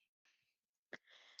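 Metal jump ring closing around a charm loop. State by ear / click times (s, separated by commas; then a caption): seated / 0.9 s, 1.4 s. A metal jewelry jump ring is twisted closed around the loop of a charm that was just added to it. After a soft, breathy hiss, a sharp little click sounds at 0.9 s, followed by steady hissing rustle and a second click at 1.4 s. The jump ring is closed and secure.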